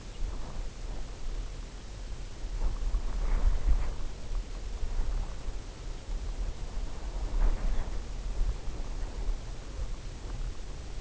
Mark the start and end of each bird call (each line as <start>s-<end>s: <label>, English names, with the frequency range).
0.01s-0.28s: Lapland Longspur (2.2-4.0 kHz)
7.60s-7.96s: Lapland Longspur (2.5-4.3 kHz)